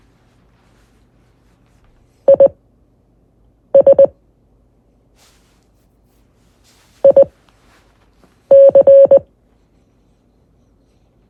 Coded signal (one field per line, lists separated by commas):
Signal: Morse code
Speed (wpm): 20 wpm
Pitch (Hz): 550 Hz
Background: none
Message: IS IC